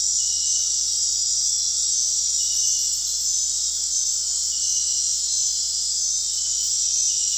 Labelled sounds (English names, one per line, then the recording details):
none
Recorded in dense forest near Puerto Asís, Putumayo, Colombia, on 4 March 2025 at 21:30
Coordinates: 0.499, -76.324
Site GP03